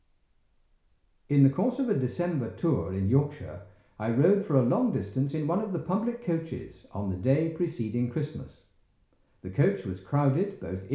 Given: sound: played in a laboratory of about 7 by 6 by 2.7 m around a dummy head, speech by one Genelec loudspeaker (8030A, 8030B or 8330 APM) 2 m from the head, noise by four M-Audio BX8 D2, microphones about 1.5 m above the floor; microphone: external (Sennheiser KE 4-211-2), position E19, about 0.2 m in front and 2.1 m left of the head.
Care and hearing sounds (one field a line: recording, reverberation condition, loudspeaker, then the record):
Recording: male speech in English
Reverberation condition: medium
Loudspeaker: 90 degrees to the left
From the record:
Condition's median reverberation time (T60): about 510 ms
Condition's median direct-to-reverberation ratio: about -0.5 dB